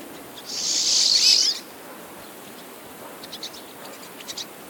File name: Carduelis pinus - Pine Siskin